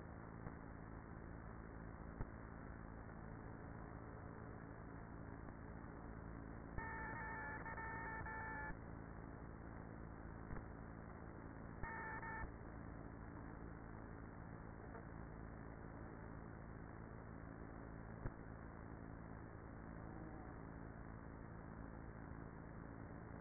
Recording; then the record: honeybee colony, microphone inside the hive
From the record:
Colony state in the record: queenless with a low population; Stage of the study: after two queens were removed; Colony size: about 30,000 bees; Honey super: no